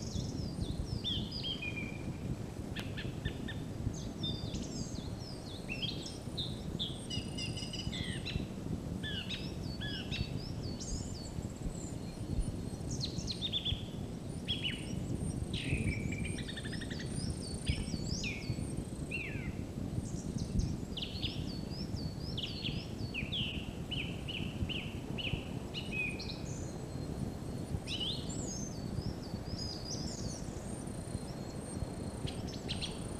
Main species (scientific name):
Turdus philomelos